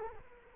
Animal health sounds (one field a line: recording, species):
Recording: mosquito wingbeat signal from an infrared sensor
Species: Culex quinquefasciatus